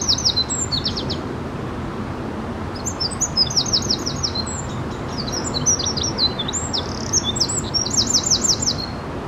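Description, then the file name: Eurasian wren sputtering high-pitched, rapid trills and chattering note bursts through most, with a longer pause after the first phrase, over a constant low background hum. "Troglodytes troglodytes"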